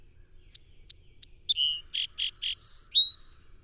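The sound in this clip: Song sparrow singing: three sharp, level whistles open the phrase, followed by a lower buzz, a burst of harsh notes, a high buzz and a final lower note.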